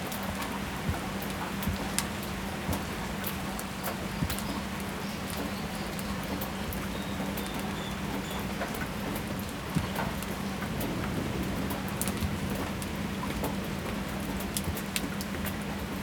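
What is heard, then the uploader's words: Rain falls steadily, a dense hiss with scattered sharp drips and taps ticking through it at irregular moments. A constant low hum sits underneath throughout, and a slightly louder knock stands out near the ten-second mark. Heavy storm ambience.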